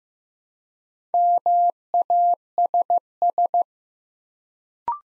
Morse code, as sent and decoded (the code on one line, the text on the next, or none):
-- .- ... ...
MASS